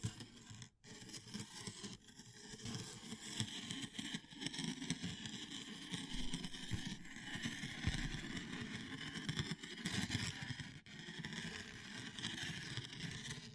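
Dense, continuous crackling and rustling of wood, bamboo and straw being handled, with a low rumbling churn underneath that swells and eases. A brief dropout near the start, then steady scraping textures with occasional sharper clicks throughout.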